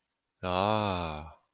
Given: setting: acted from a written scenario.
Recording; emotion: vocal sound without words; adoration